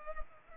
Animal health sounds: mosquito wingbeat signal from an infrared sensor; Culex pipiens

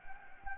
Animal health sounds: mosquito wingbeat signal from an infrared sensor; Anopheles gambiae

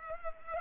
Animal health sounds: mosquito wingbeat signal from an infrared sensor; Culex pipiens

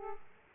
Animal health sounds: mosquito wingbeat signal from an infrared sensor; Aedes aegypti

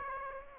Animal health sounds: mosquito wingbeat signal from an infrared sensor; Aedes aegypti

